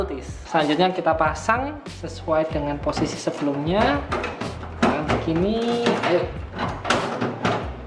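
Someone talks while a computer component is refitted in its original position and pushed toward its slot inside a PC case. A couple of brief knocks are heard, around 4.4 and 6.9 seconds. The clip ends before the part goes home, so nothing has seated or clicked yet.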